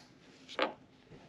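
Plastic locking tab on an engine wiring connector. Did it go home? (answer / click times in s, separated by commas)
yes / 0.6 s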